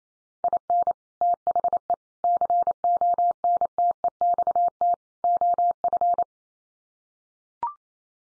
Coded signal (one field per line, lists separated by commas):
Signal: Morse code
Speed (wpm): 28 wpm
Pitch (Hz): 700 Hz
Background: none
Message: IN THE CONTEXT OF